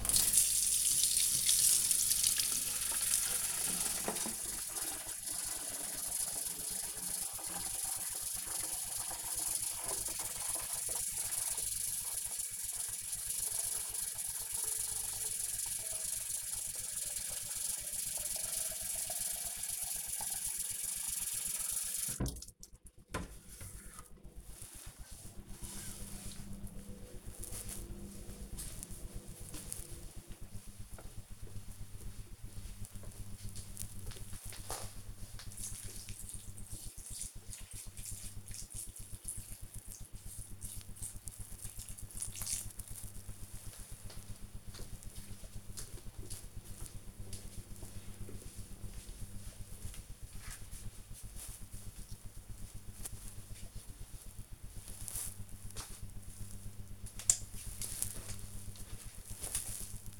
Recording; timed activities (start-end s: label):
household activities, microphone on the right wrist
0.00-60.20 s: watering plant